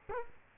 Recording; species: mosquito wingbeat signal from an infrared sensor; Culex quinquefasciatus